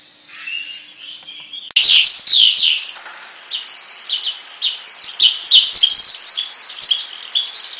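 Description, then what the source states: Javan bush lark song starting faint, then after a click becoming a loud, fast run of high chirps and warbles continuing to the end. Lure call to prompt a Javan bush lark that has stopped singing to sing again.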